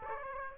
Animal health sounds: mosquito wingbeat signal from an infrared sensor; Aedes aegypti

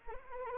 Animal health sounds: mosquito wingbeat signal from an infrared sensor; Anopheles arabiensis

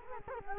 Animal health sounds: mosquito wingbeat signal from an infrared sensor; Culex quinquefasciatus

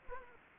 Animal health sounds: mosquito wingbeat signal from an infrared sensor; Culex quinquefasciatus

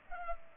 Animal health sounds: mosquito wingbeat signal from an infrared sensor; Culex pipiens

